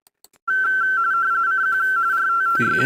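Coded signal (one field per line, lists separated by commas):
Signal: RTTY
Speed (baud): 45.45 baud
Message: CQ RTTY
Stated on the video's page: Weekly RTTY contest on FT991A at 30 watts, Palomar Bullet 29.5 ft end-fed antenna with LDG Z-11Pro II autotuner.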